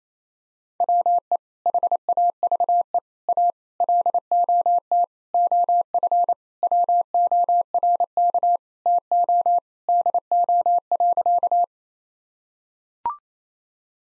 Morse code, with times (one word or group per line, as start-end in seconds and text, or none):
0.8-1.4 WE
1.7-3.0 HAVE
3.3-3.5 A
3.8-5.0 LOT
5.3-6.3 OF
6.6-8.6 WORK
8.9-9.6 TO
9.9-11.6 DO.